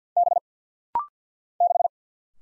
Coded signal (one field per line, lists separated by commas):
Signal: Morse code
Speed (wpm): 50 wpm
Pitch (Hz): 700 Hz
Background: none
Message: B 6